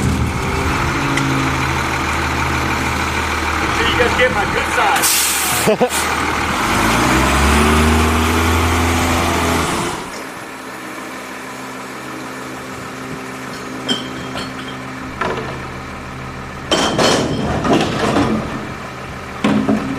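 A garbage truck runs with a loud, rumbling engine for the first ten seconds, its pitch rising and falling, with clanks and a hiss near five seconds. Then the engine drops to a quieter idle, broken by sharp metallic bangs around fifteen and seventeen seconds.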